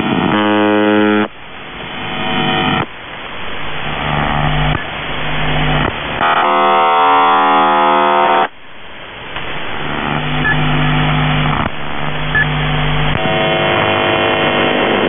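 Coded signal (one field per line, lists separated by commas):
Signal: channel marker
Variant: UVB-76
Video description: "The Buzzer" is a Russian military radiostation that broadcasts on 4625 kHz.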